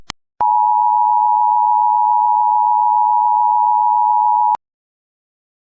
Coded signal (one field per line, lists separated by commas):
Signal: Emergency Alert System (SAME) tones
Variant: 853 and 960 Hz attention tone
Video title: EAS Scenario - The Cube Pt. 1